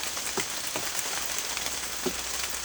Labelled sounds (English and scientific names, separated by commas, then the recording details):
none
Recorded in secondary vegetation near Puerto Asís, Putumayo, Colombia, on 27 June 2025
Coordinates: 0.488, -76.319
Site G094